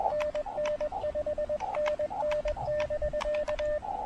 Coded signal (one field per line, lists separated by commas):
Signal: Morse code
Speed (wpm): 21 wpm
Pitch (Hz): 560 Hz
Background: radio noise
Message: NN 5NN <BK>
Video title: Portable POTA QRP DXing: Pairing the TufteIn Random Wire and Elecraft KX2 at Parc Cartier Roberval